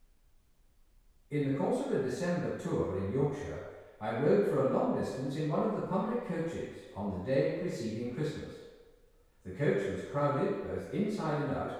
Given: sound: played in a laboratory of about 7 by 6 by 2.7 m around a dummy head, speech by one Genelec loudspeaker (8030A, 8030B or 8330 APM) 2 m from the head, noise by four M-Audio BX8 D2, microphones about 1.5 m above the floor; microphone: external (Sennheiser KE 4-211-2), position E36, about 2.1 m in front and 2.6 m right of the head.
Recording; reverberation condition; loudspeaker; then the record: male speech in English; high; 120 degrees to the right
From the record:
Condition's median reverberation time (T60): about 1300 ms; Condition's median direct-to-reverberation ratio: about -4.0 dB